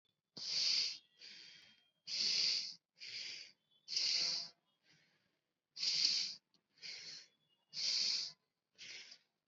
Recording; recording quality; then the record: shallow breathing; excellent, no background noise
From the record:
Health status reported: COVID-19 positive, mild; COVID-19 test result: positive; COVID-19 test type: RT-PCR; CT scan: not taken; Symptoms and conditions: cough, fever, fatigue, muscle pain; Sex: female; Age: 19 years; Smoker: no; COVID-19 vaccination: both doses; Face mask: worn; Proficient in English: yes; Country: India